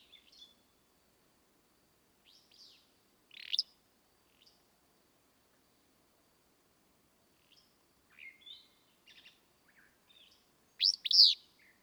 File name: Willow Flycatcher